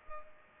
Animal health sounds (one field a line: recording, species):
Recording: mosquito wingbeat signal from an infrared sensor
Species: Culex pipiens